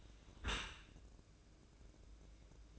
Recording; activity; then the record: daily activity, microphone in the room; close dishwasher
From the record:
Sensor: 2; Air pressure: 1012.2 hPa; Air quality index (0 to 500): 145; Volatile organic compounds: 2 ppm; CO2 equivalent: 1066 ppm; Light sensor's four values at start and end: 310/766/310/311 and 312/770/311/312